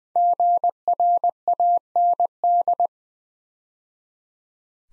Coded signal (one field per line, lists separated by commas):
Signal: Morse code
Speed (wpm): 20 wpm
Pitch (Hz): 700 Hz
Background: none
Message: GRAND